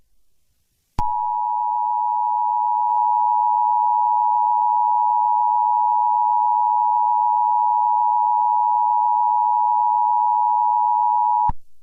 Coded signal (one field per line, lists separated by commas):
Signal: Emergency Alert System (SAME) tones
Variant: 853 and 960 Hz attention tone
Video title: EAS Interrupts Fast THX 1.0